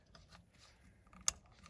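During spark plug replacement on a 60k-mile Lexus GS 300h with the 2AR-FSE 2.5 L four-cylinder engine, an electrical connector, most likely on an ignition coil, is pushed slowly onto its plastic socket. Faint soft handling taps lead up to one sharp, bright click at 1.3 s as the connector latches and seats.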